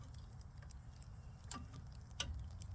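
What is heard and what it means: A click-type torque wrench set to 22 ft-lb tightens a fastener on the rear wheel hub of a Ram 3500 during repair of a leaking rear wheel seal. Faint ticks sound over a low background rumble before the wrench gives a sharp release click at 2.2 s, confirming the 22 ft-lb setting was reached.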